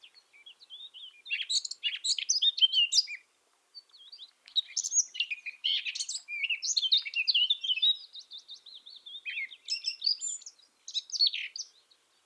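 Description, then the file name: Eurasian blackcap song: rapid, scratchy warbling phrases broken by short pauses, with jumbled high notes. "Sylvia atricapilla"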